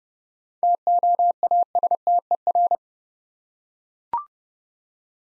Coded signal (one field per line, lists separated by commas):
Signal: Morse code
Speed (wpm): 30 wpm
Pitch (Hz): 700 Hz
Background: none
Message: TOASTER